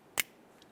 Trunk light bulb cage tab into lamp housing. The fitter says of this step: snap into place like so